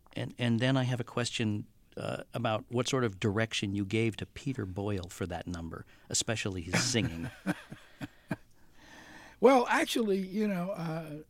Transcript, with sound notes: And then I have a question about what sort of direction you gave to Peter Boyle for that number - especially his singing.
(LAUGHTER)
Well, actually, you know,